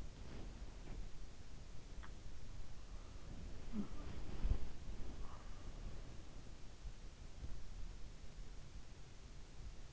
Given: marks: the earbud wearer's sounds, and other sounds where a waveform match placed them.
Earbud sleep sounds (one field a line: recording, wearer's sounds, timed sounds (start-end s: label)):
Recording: sounds in sleep by an in-ear microphone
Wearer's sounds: body movement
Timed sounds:
0.00-6.33 s: body movement